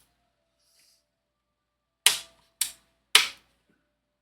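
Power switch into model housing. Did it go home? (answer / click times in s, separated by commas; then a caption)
yes / 2.1 s, 2.6 s, 3.1 s. A small plastic power switch with two protruding retaining tabs is pushed into its opening in a plastic model housing for a Fanhome E.T. the Extra-Terrestrial build, the tabs holding it once it snaps in. After near silence, three sharp, bright pops ring out at 2.1, 2.6 and 3.2 seconds. The switch is seated in place.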